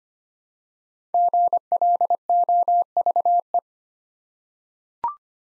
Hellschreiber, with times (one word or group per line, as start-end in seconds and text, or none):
none